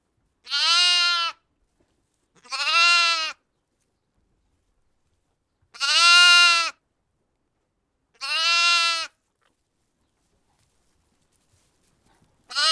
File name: zvuki iagnenka